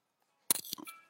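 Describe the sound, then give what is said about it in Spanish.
A few sharp, crisp keyboard clicks after a moment of silence, two distinct keystrokes followed by a softer rattling tail, with no voices. “Ay, sí se oye cuando tecleo, maldita sea.”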